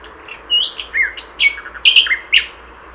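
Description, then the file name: Common nightingale song phrase of varied whistles and sharp chirps, some rising and falling, delivered in quick succession over about two seconds. "Luscinia megarhynchos 100311"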